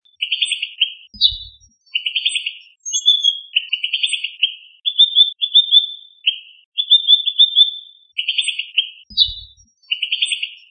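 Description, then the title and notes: Bird song: short bursts of high, buzzy trilled notes alternate with clearer whistled phrases in a steady repeating sequence, with faint low thumps near one and nine seconds. Birdsong from Indonesia. "Kicau Burung Indonesia"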